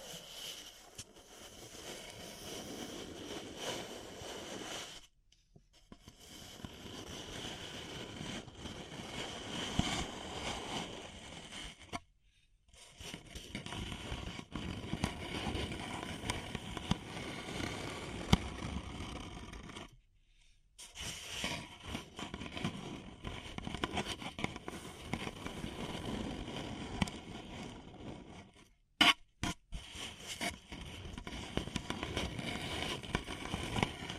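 A paper cup is crinkled and rubbed in dense, continuous bursts of crackling and scratching, full and gritty with a bright papery edge. The handling stops briefly around 5, 12, 20 and 29 seconds, leaving short silent gaps before the rustling resumes.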